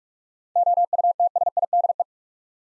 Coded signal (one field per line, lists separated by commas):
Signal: Morse code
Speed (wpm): 45 wpm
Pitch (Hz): 700 Hz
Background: none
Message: OUTSIDE